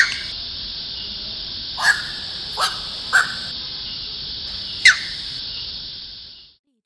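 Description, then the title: Grey heron calling with four brief, hoarse croaks at irregular intervals, against a steady high-pitched hiss that fades out at the end. Recorded at Baiyangdian; local nickname 'long-necked old waiter'. "家住白洋淀——我的观鸟笔记 “长脖子老等”苍鹭"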